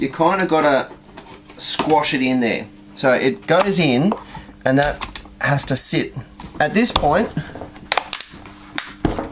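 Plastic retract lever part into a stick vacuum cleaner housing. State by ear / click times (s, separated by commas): seated / 7.9 s, 8.1 s, 8.8 s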